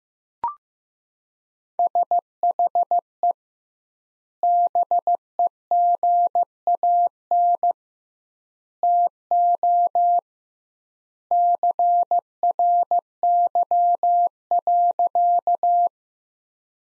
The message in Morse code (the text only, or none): SHE BEGAN TO CRY.